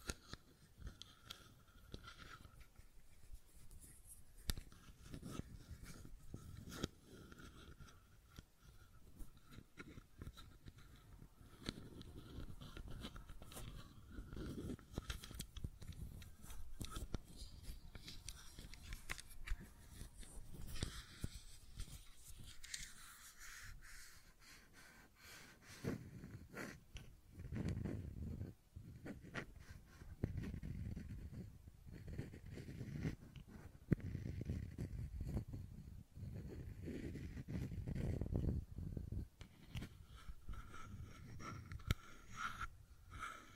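Fidget cube tapping and clicking runs through the whole recording as dense, irregular taps and clicks with no steady rhythm. Low thumping swells under the clicks, heaviest around 30 to 40 seconds, and a few sharper clicks stand out above the rest.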